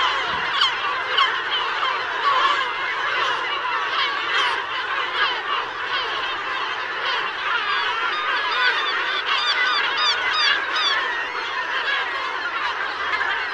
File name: Gabbiano Reale